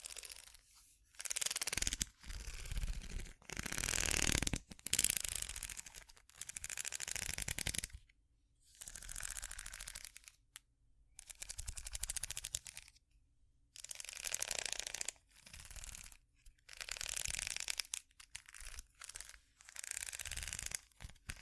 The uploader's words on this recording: ASMR Scratching Ridges For Tingles （No Talking）.